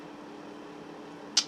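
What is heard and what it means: A plastic part of a cartoon tank model kit is pressed into its socket in the tank hull against a steady low hum. A single sharp click sounds at 1.4 s as the part seats fully in place.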